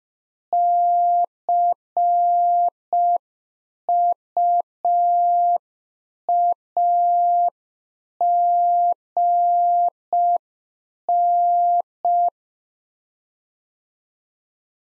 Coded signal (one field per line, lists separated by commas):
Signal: Morse code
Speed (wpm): 5 wpm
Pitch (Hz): 700 Hz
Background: none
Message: CUAGN